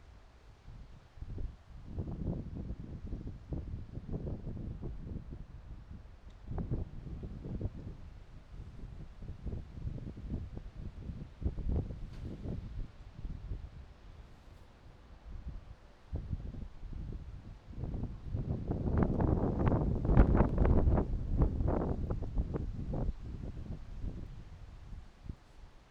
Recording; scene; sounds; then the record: everyday scene through a hearing-aid microphone; wind on the microphone; squally wind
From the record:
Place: parking lot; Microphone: in the ear canal, right